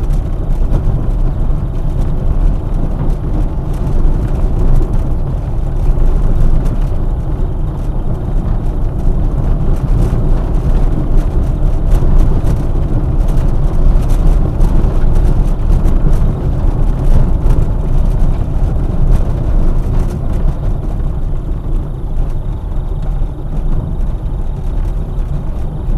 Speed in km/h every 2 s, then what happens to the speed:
22, 22, 23, 24, 24, 25, 26, 27, 26, 21, 19, 18, 19.
0-14 steady at about 24. 14-19 slows to 19. 19-26 steady at about 19.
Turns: none.